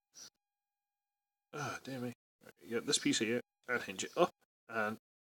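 Someone talks while handling a hinged plastic piece on a Transformers Titans Return Galvatron transforming robot figure, hinging the piece up during the transformation. A short faint sound comes at the start, followed by bursts of speech separated by brief silences. Nothing has seated or clicked into place yet.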